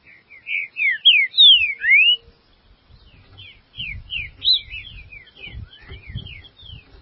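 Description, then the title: Green-winged saltator song opening with loud sweeping whistles, followed by a softer, quicker run of slurred notes over low rumbling noise. "Trinca Ferro"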